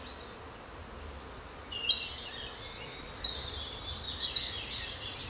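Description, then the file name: Birdsong: a thin high whistled note, a sustained very high tone, a rising note, then a falling sweep into rapid, excited twittering phrases with short pauses between. "Victoria Arlidge - Relaxing Birdsong"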